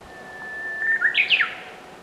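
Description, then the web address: Bird whistle: a thin, steady high tone leads into a quick burst of sharp whistled notes that swoop up and down before fading. Unidentified species; a high whistle. "Sound Effects-Foundation 1 BIRD UNKNOWN HIGH WHISTLE"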